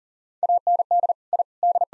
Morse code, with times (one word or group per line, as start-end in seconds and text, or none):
0.4-1.1 AND
1.3-1.4 I
1.6-1.8 D